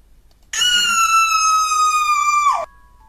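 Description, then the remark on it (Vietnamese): A woman lets out one loud, shrill scream of fright as the eyes of a body she is washing suddenly open, held steady for about two seconds before its pitch drops sharply as it cuts off. No one speaks. “Lục Sắc sợ hãi, hét toáng lên.”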